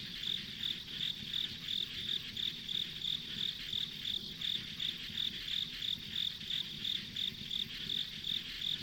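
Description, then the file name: Insect calling with a rapid series of high, metallic chirps, nearly three per second, over a faint low drone. Insects as ambient sound on a country road in the countryside. "田舎道の虫の環境音"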